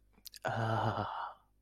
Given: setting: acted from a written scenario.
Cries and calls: vocal sound without words; desire

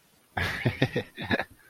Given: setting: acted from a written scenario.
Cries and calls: vocal sound without words; adoration

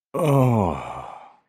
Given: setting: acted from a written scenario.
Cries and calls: vocal sound without words; ecstasy

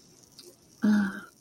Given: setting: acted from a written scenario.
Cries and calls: vocal sound without words; serenity

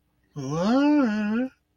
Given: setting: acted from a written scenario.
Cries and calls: vocal sound without words; confusion

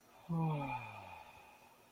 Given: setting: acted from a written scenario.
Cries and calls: vocal sound without words; serenity

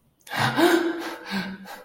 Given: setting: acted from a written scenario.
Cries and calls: vocal sound without words; distress

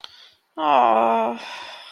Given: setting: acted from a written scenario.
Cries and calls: vocal sound without words; sympathy

